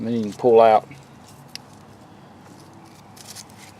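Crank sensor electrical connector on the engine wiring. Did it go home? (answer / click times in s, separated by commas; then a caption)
released / 1.5 s. Someone talks, then the locking tab on the plastic electrical connector of a 2006 Ford Taurus crank sensor on the engine wiring is pushed in and gives a sharp, short click at 1.5 seconds. The connector is then released and pulled off, with only faint handling noise after.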